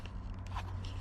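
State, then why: Not seated. A locking neck piece is handled on its mount on an AWD CRX, giving brief scraping and light tapping sounds at about 0.1, 0.5 and 0.9 seconds over a steady low hum. Nothing has seated or clicked into place yet.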